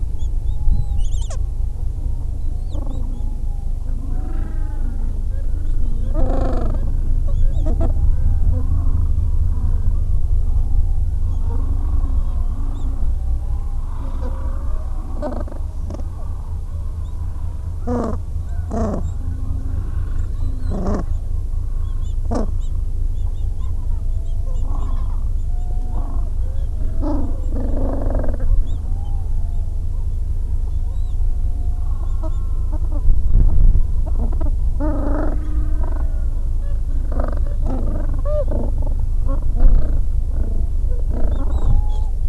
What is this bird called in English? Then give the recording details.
Gentoo Penguin. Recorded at the colony at Godthul, on 25 December 2014. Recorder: Song Meter SM2+